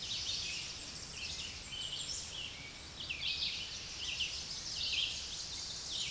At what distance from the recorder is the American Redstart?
about 45 m